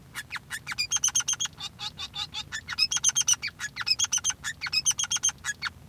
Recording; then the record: song of a male Bengalese finch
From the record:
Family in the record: son of father 3